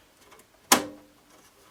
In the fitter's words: and you heard that very satisfying click we now have the card installed but